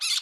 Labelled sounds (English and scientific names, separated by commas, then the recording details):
Brown-throated Parakeet (Eupsittula pertinax) contact call
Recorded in Curacao
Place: Hoffi Jan Thiel
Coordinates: 12.094, -68.877